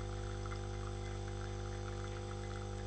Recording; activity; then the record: daily activity, microphone in the room; make coffee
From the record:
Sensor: 4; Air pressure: 995.9 hPa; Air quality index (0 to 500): 63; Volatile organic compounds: 2 ppm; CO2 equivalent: 1111 ppm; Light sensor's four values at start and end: 10/25/9/9 and 10/25/10/10